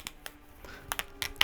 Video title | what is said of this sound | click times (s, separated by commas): Marvel Legends Monster Venom BAF Wave | could be a little tough but you hear the pop it's in the | 1.4 s